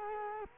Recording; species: mosquito wingbeat signal from an infrared sensor; Culex quinquefasciatus